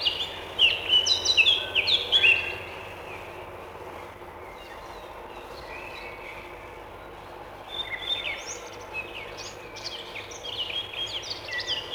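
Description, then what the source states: Eurasian blackcap warbling in two bursts of quick whistled notes separated by a quiet gap of a few seconds. Male song, likened to the nightingale's; prefers deciduous and mixed forests, nests in dense shrubs, feeds mainly on insects.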